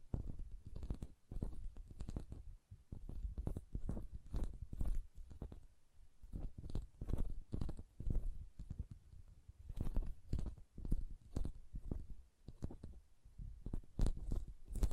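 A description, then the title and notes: Hand sounds with nail tapping and lotion: quick, dense taps and squishy clicks in irregular bursts, low and soft throughout, with brief pauses. Hand Sounds, Nail Tapping and Lotion Sounds.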